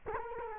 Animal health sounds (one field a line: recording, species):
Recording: mosquito wingbeat signal from an infrared sensor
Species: Culex quinquefasciatus